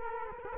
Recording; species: mosquito wingbeat signal from an infrared sensor; Culex quinquefasciatus